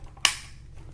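A motorized plastic cleaning head for a Dyson V6 Animal cordless vacuum is pushed onto the end of the extension wand until it clicks into place. A single sharp, loud snap is heard at 0.3 s and rings briefly before fading into quiet background. The cleaning head is seated on the wand.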